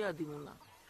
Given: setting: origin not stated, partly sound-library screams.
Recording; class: one-second piece from a danger detection set; normal situation